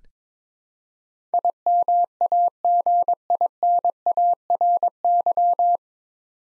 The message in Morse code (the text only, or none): IMAGINARY